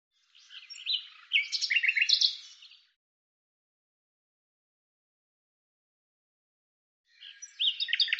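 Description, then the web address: Bird song: two bursts of dense, chattering high notes, several seconds of silence between them. "Deverinetal 2025"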